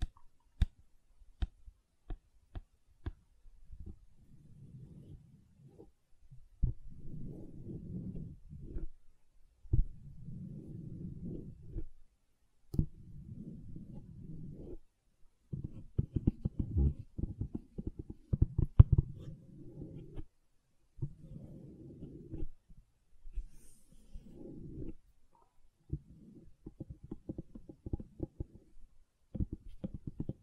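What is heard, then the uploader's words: Gentle silicone sounds come in soft, low, squishy bursts of a second or two, separated by pauses and sharp clicks and ticks. ASMR Gentle Silicon Sounds for Sleep (No Talking).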